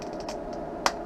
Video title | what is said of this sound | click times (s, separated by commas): Richard's RayBan 2140 Original WayFarer with Rx Zeiss Duravision Platinum Anti Glare | come on get in there press down at the edges oh it snaps right in off comes the block | 0.9 s